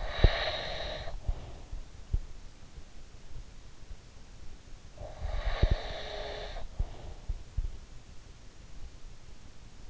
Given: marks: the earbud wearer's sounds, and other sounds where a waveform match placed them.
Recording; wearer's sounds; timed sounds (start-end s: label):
sounds in sleep by an in-ear microphone; breath
0.00-2.28 s: breath
5.55-7.35 s: breath